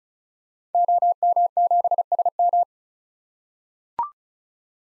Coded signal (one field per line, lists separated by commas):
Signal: Morse code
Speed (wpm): 36 wpm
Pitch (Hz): 700 Hz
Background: none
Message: OM7SM